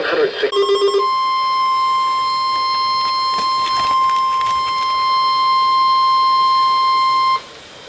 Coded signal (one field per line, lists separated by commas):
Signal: Emergency Alert System (SAME) tones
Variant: 1050 Hz attention tone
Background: speech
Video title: EAS Alerts from 7/27/2023